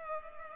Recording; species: mosquito wingbeat signal from an infrared sensor; Culex pipiens